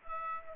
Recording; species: mosquito wingbeat signal from an infrared sensor; Aedes aegypti